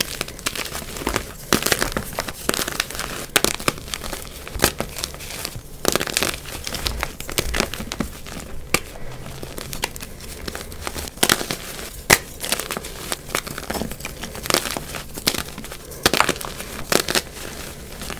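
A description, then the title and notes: Crushing and crinkling sounds, a dense run of sharp crackles and tearing-like bursts that come irregularly every fraction of a second. The texture stays busy and bright throughout, with a low steady hum underneath and no pauses. Audio only compilation of Asmr cloud crushes.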